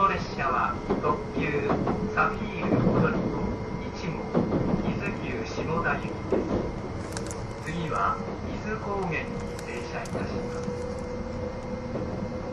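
Running sound of an E261 series Saphir Odoriko No. 1 train: a steady, dense rumble with a faint whine held underneath. Voices seem to come and go over it, and brief bright clicks and squeals break through around the middle and near the end.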